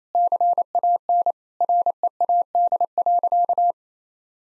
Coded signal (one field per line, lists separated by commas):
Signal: Morse code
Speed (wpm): 28 wpm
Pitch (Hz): 700 Hz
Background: none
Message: CAN READ.